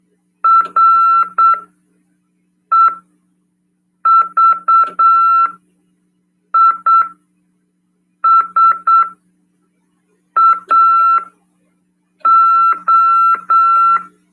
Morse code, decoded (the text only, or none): REVISAO